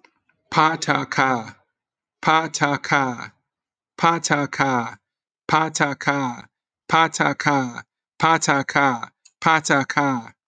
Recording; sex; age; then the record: repeated syllables /pa ta ka/; male; 40 to 49 years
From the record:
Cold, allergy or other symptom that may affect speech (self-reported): no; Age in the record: 48 years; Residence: Maryland, United States